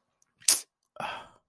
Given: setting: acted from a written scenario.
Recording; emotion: vocal sound without words; contempt